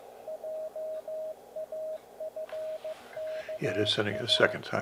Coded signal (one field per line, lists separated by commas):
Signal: Morse code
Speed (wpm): 15 wpm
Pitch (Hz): 630 Hz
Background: speech, radio noise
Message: JAFKA